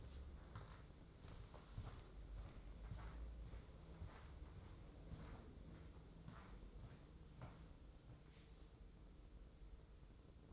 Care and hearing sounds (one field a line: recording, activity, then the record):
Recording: daily activity, microphone in the room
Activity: walk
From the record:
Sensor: 3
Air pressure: 995.9 hPa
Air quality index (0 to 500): 248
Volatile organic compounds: 1000 ppm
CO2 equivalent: 6355 ppm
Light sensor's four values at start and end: 27/62/28/31 and 44/107/47/51